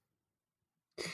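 After a near-silent pause, a man who has been sick in bed all day gives a single sharp cough.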